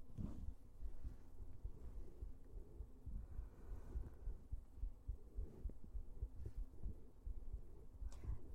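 Muffled low thumps at roughly 105 a minute, a fast adult heartbeat heard through a stethoscope, with rubbing noise.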